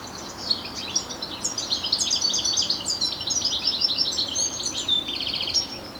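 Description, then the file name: European goldfinch twitter: a hurried, tinkling jumble of high notes with brief buzzy trills, running throughout over background hiss. "Carduelis carduelis"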